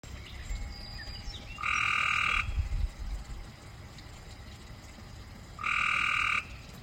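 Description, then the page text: Cope's gray treefrog trill: two short, harsh, buzzy trills about four seconds apart, each under a second long, over a low background hum. Maryland, USA. "Maryland Biodiversity. Copes Gray Treefrog ( Hyla chrysoscelis )"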